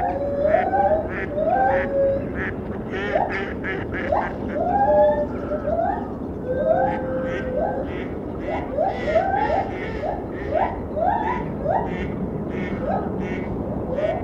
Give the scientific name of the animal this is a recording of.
Hylobates lar